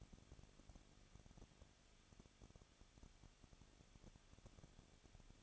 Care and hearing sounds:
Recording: daily activity, microphone in the room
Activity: no activity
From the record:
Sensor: 4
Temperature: 23.0 degrees Celsius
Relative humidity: 34.0%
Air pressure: 1007.3 hPa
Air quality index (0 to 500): 215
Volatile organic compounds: 14 ppm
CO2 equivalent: 2475 ppm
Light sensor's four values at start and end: 2/3/1/1 and 2/3/1/1

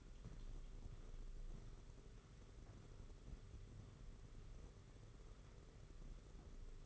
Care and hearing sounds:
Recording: daily activity, microphone in the room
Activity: walk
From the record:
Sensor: 4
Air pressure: 991.5 hPa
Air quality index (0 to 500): 138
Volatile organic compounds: 57 ppm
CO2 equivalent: 3386 ppm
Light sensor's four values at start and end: 22/73/27/28 and 22/74/27/28

